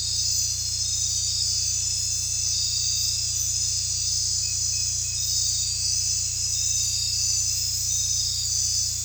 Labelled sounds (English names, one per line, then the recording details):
none
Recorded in dense forest near Puerto Asís, Putumayo, Colombia, on 16 December 2024 at 22:00
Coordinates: 0.467, -76.328
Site GP05